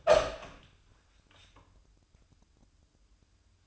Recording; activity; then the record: daily activity, microphone in the room; open door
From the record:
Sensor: 2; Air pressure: 1004.8 hPa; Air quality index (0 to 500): 67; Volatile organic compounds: 1 ppm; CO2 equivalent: 786 ppm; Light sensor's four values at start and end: 7/18/7/7 and 7/18/7/7